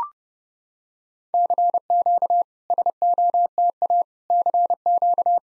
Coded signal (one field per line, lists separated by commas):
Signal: Morse code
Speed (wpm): 30 wpm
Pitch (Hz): 700 Hz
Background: none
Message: CQ SOTA CQ